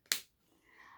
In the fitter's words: is listen for the click